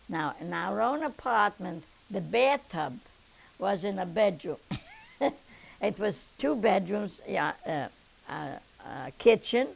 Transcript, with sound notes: Now, in our own apartment the bathtub was in a bedroom. ( she laughs ) It was two bedrooms, a kitchen